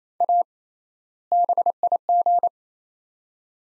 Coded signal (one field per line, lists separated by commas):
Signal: Morse code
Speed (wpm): 28 wpm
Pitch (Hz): 700 Hz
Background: none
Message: A BIG